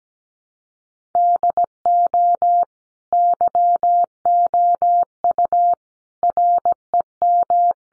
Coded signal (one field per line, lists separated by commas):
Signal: Morse code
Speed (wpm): 17 wpm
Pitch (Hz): 700 Hz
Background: none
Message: DO YOU REM